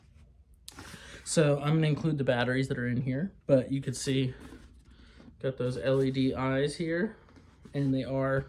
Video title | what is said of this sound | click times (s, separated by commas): Robot Helmet | And you place it on it, slide it down a little bit, and it clicks right in. | 0.7 s